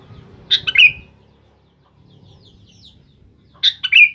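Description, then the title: Sooty-headed bulbul song, two brief bubbly phrases of fast chirping notes three seconds apart, faint low hum in the background. "Kutilang"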